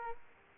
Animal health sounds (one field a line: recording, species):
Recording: mosquito wingbeat signal from an infrared sensor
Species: Aedes aegypti